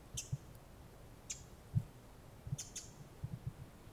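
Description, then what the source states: Pacific wren calling with short, sharp, high notes, singles and one rapid double, at irregular intervals, with soft low thuds throughout. Recorded in October on a wilderness walk.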